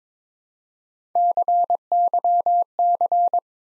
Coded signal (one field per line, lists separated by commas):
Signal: Morse code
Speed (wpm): 22 wpm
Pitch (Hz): 700 Hz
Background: none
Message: CYC